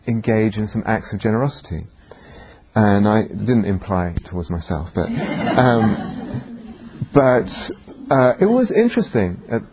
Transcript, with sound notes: engage in some acts of generosity. I didn't imply towards myself, but. [laughter] But it was interesting.